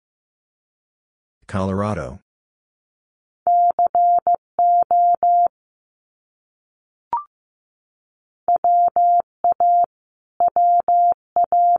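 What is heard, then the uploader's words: Morse code tones beep in short and long pulses at one steady mid pitch, grouped in bursts from about three to five seconds and again from eight seconds on. A brief voice-like sound comes near the start, and a single click falls around seven seconds. First, the state is sent three times in Morse code. Then it is spoken. Finally, it is sent again in Morse code. US States Repeated 3x 15wpm.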